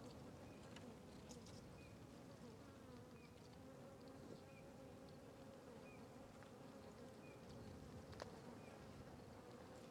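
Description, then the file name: Fly: flies buzzing in a steady low drone with layered hum, while a soft high chirp repeats and faint clicks sound in the background. Flies circling a tree along a trail. "Ambiencia na Trilha do Sertao Zen com Moscas Circudando Arvore"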